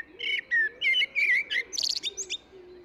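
Eurasian blackbird song of smooth, warbling whistles ending in a high, strained twitter, with soft lower tones faintly underneath.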